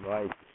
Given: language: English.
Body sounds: throat vibration sensor signal played as sound; speech

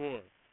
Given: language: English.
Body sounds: throat vibration sensor signal played as sound; speech

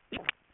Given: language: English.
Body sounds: throat vibration sensor signal played as sound; swallow

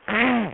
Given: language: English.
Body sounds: throat vibration sensor signal played as sound; throat clearing

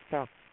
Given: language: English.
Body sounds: throat vibration sensor signal played as sound; speech

